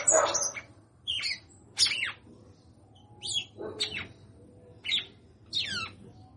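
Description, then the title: Red-cowled cardinal song: short bright phrases of steeply falling whistled notes, given in separate bursts, over a steady low hum. Female singing a lot. "Canto Galo Campina Fêmea. Fêmea de Galo de campina cantando muito"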